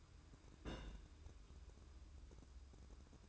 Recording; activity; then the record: daily activity, microphone in the room; place on stove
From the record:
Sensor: 2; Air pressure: 1008.0 hPa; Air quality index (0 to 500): 109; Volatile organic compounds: 1 ppm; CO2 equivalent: 818 ppm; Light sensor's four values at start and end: 6/15/6/6 and 6/15/6/6